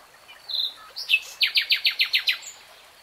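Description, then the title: Nightingale song: a short whistle and slurred note followed by a rapid run of seven or eight loud, evenly repeated notes. Nightingale singing, from a three-hour real-time recording. "[Tiếng chim hót] REALTIME Nightingale Singing"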